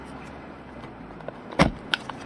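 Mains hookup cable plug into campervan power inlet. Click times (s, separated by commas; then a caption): 1.9 s. A mains hookup cable plug is pushed into the power inlet of a 2024 Rimor Horus 95 campervan, with the plug's cap opened 90° and slid over the top of the inlet. After a few faint ticks, a loud scraping thud at about 1.6 s is followed by a sharp click at 1.9 s as the cap's tab engages the notch, then a small tick at 2.1 s. The plug is seated and locked so it can't pull out by mistake.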